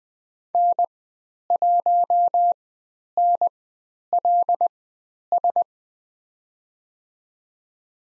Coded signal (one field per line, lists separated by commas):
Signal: Morse code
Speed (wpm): 20 wpm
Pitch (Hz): 700 Hz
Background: none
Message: N1NLS